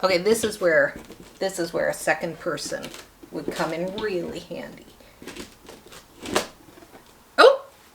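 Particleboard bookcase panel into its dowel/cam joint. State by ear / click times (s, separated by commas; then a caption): seated / 6.4 s. Someone talks while working alone, wiggling a wooden particleboard panel of an IKEA Billy bookcase into its dowel/cam joint like a wobbly tooth. A sharp click is heard at 6.4 s as the panel seats into place.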